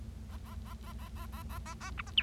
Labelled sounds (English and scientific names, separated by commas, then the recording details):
Bengalese Finch (Lonchura striata domestica) song
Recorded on 25 March 2012 at 11:18
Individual gy6or6